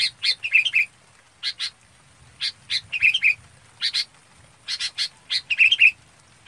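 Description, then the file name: Red-whiskered bulbul calling with repeated rasping chirps mixed with short warbled whistles, notes arriving in loose groups of two to four, over a faint steady whine. Chào mào bông calling to gather the flock. "Tieng chao mao bong goi bay"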